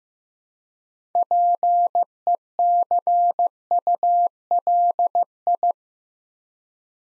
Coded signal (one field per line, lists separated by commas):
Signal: Morse code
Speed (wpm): 15 wpm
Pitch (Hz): 700 Hz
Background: none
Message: PECULI